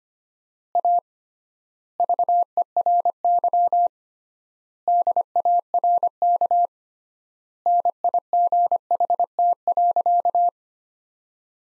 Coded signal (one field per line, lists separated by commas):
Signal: Morse code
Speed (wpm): 25 wpm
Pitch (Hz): 700 Hz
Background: none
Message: A VERY DARK NIGHT.